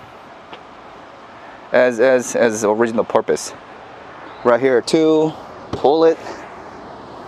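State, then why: Not seated. Someone talks over a steady low background hum while a folded rear seat in a 2022 Kia Carnival (Sedona) 7-seater 2.2 diesel minivan is handled and pulled up toward upright. Its latch has not yet seated into the floor anchor, and nothing has clicked yet.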